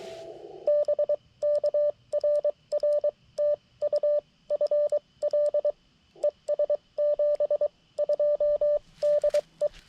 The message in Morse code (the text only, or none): BK RR TU FL ES 72 DE